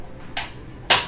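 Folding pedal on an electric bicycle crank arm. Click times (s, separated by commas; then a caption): 0.4 s. A folding pedal on an electric bicycle crank arm is pushed down until it locks into its unfolded riding position. A sharp, bright click sounds at 0.4 s, and a second, louder broadband snap follows near 0.9 s. The pedal is seated and locked.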